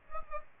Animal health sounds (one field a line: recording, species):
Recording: mosquito wingbeat signal from an infrared sensor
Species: Aedes aegypti